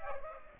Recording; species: mosquito wingbeat signal from an infrared sensor; Aedes aegypti